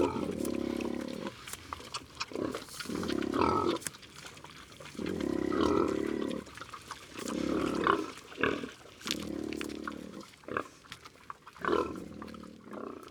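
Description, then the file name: Pigs giving loud, drawn-out squeals in repeated bursts, with clattering noises between them. Pigs at feeding time, Silhac, Ardèche. "Le-repas-des-cochons-Silhac-Ambiances-Sonores-d Ardeche-Studio-Les-Trois-Becs"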